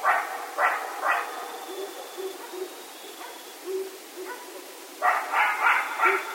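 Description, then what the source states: Coyote barks and yips: a quick burst of three harsh, broad yelps, a quiet stretch with low hooting notes, then a flurry of yips at the end. Several coyotes recorded at night on 16 October 2010.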